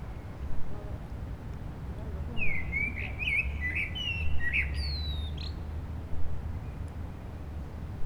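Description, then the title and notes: Common blackbird singing a mellow phrase of several warbled whistles ending in thin high twitters, with constant low traffic noise throughout. Several blackbirds singing after sunset on a mild day, eve of the winter solstice, on Rue Jacques Cartier in Aix-les-Bains, France, with urban traffic. "Rue Jacques Cartier, 73100 Aix-les-Bains, Auvergne-Rhône-Alpes, France - Merle du solstice. En cette douce journée les merles commencent à chanter après le coucher du soleil, passages d'avions, circulation urbaine demain c'est le solstice d'hiver"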